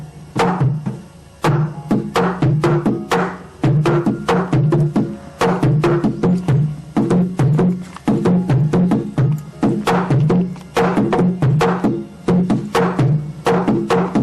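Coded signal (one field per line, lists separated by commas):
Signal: drum signal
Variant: manguaré slit drums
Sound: rapid hollow wooden slit-drum strokes at two low pitches in a steady running rhythm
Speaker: acá van ustedes de escuchar sonidos de manguaré esto es una cosa muy especial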